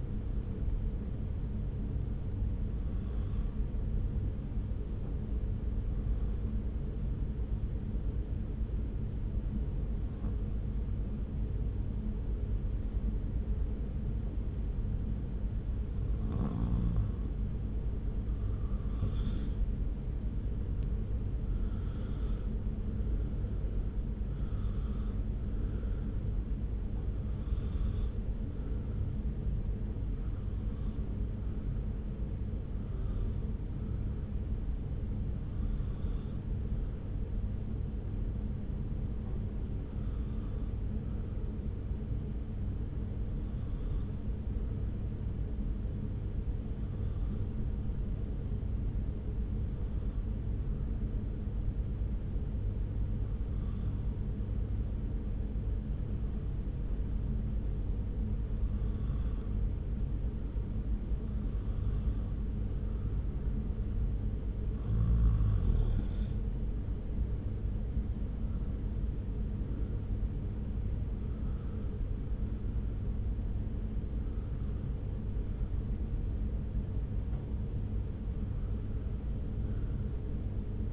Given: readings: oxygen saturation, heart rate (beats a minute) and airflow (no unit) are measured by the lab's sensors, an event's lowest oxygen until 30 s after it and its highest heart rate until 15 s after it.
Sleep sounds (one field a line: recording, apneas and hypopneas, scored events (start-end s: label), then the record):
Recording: breathing in sleep by a smartphone at the bedside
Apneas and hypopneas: 2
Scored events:
4.00-18.80 s: hypopnea (N2, oxygen 95% highest, then 91% lowest)
18.00-80.93 s: new sleep stage, N1 (lightest sleep)
37.00-64.30 s: hypopnea (N1, oxygen 96% highest, then 92% lowest)
From the record:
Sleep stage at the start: N2 (light sleep)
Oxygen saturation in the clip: 91 to 96%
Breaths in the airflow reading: 29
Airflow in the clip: -0.9 to 1.5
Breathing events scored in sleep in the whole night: 335 in 6.7 hours asleep